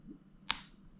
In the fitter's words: et voilà il se clipse sur le côté et il tient plutôt pas mal